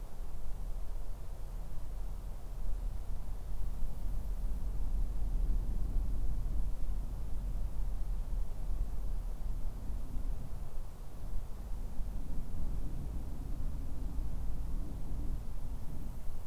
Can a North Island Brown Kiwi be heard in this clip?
no